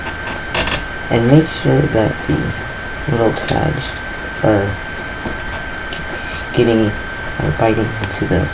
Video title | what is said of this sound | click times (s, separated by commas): How to Install/Upgrade the Memory in a Dell Optiplex 780 | Now each side you want to push down very hard until you hear a click | 0.5 s